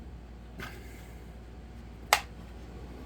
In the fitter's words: can hear it popping.